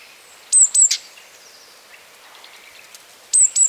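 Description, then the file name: Great tit calls: two quick bursts of high, thin, slightly falling notes, separated by a near-silent gap of about two and a half seconds. "Parus major"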